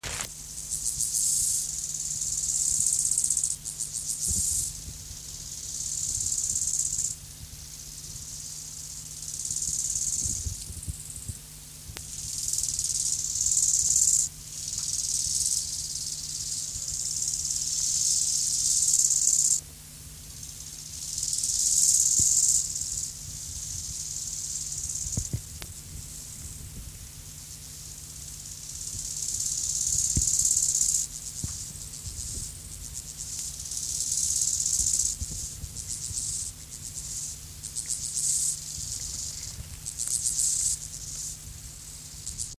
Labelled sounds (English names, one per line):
Steppe Grasshopper